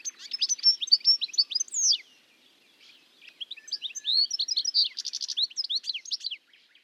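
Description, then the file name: European goldfinch song: bright jangling twitter, a brief lull, then more high liquid notes with a quick buzzy trill in the middle. "life dviete. carduelis carduelis"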